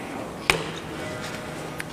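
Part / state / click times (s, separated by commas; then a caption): torque wrench tightening bolts on a truck transfer case / torque reached / 0.5 s. A click-type torque wrench set in foot-pounds tightens bolts on a Tacoma truck transfer case during an overhaul. The wrench gives a sharp click at 0.5 s as it breaks over at its setting, and a fainter tick follows at 1.8 s over a low steady background hum. The bolt is confirmed tightened to torque.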